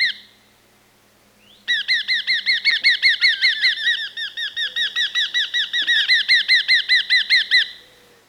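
Eurasian hobby calling: a fast series of sharp, squealing 'kew' notes, running steadily for several seconds after a brief opening note.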